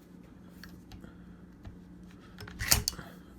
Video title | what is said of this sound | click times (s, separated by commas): How to unfold fold Halo Supreme Big Wheel Scooter raise lower handle bars | three clicks there's | 2.7 s